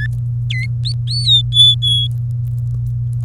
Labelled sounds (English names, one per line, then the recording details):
Domestic Canary song
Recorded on 23 April 2018 at 18:19
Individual llb3